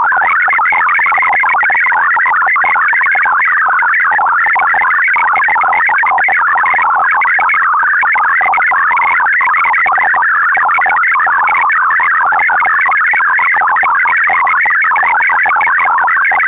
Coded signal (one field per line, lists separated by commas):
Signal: multi-tone FSK (Olivia or MFSK type)